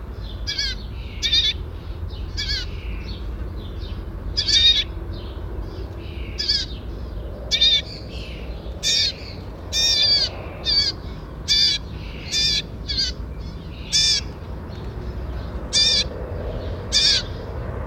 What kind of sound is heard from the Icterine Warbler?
call